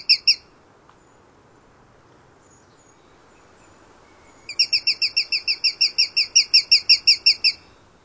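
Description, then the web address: Sharp-shinned hawk giving sharp kek notes: two at the start, then after a pause a long, rapid, even run of many more. "Songs of Birds of North America Stokes. Sharp-shinned Hawk"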